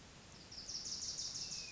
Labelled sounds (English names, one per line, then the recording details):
Wilson's Warbler
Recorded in Sonoma County, California